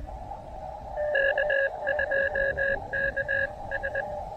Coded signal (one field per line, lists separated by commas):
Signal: Morse code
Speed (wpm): 20 wpm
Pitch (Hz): 1650 Hz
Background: radio noise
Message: K2KS